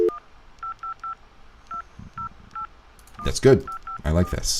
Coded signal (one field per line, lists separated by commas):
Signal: DTMF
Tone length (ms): 80 ms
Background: speech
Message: 1 2081554